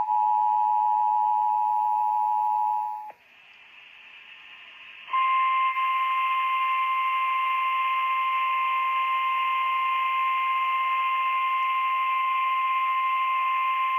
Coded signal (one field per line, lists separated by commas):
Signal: Emergency Alert System (SAME) tones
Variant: 853 and 960 Hz attention tone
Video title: [EAS #3232-#3241] 2025 Tsunami Communications Drill (3/26/25)